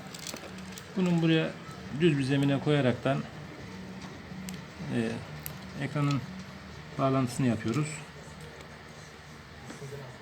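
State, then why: Not seated. While replacing the touchscreen on a Samsung Tab 3, the tablet rests on a flat surface as the new touchscreen's ribbon-cable connector is handled at the socket on the tablet board. Someone talks throughout, with a few faint brief ticks in between. The connector has not seated or clicked in yet.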